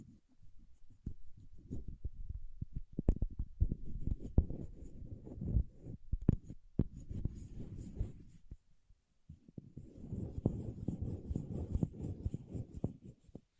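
Paraffin wax is scratched and tapped in dense, low, rustling bursts with sharp clicks, pausing briefly near eight and again near nine seconds.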